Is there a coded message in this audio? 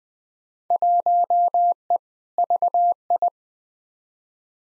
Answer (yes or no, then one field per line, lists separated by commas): yes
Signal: Morse code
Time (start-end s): 0.7-3.3 s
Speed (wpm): 21 wpm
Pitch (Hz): 700 Hz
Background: none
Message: 1E VI